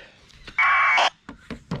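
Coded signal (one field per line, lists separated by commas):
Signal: packet radio (AX.25, as in APRS)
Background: speech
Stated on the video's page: APRS packets sent through the International Space Station digipeater.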